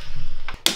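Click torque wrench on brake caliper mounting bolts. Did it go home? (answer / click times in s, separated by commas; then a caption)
yes / 0.7 s. A foot-pound click torque wrench set to about 32–33 ft-lb tightens the front brake caliper mounting bolts on a 2013 Ducati Monster 796 motorcycle, a little at a time on each bolt until it clicks. Low rumbling ratcheting and a softer tick at 0.5 s lead to the sharp, bright wrench click at 0.7 s, which means the bolt has reached the set torque, though the other bolt may have been slightly over-torqued.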